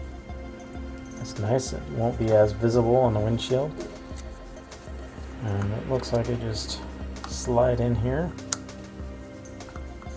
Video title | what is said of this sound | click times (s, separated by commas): Vantrue Element 2 dual channel Dashcam - Full Review | kind of a nice solid click | 9.8 s